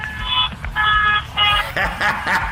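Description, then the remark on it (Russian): A car horn honks in a series of loud, steady blasts, three evenly spaced honks followed by quicker, wavering toots, over a low rumble of background noise. “Это тебе сигналят, да?”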